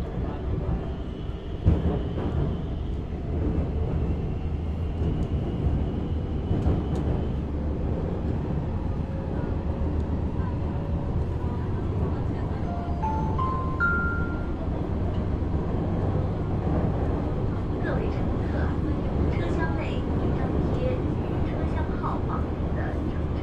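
A steady low roar fills a Shenzhen metro car as the air conditioning and train run together, dense and unchanging for the whole stretch. A high whine holds through the first several seconds, then a rising tone steps upward around thirteen seconds, with faint voices underneath.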